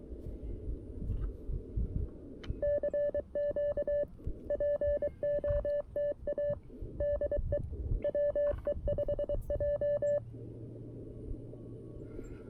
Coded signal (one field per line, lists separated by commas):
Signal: Morse code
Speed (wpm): 23 wpm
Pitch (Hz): 580 Hz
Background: none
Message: CQ POTA DE WE5J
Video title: BUDGET CW! CFT-1, 3d Printed Key, and DIY Antenna! Oh My!